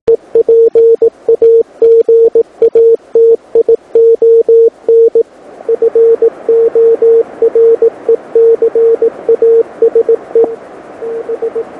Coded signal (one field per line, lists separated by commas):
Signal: Morse code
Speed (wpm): 18 wpm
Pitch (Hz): 460 Hz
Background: none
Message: E PAGATION FORECASE B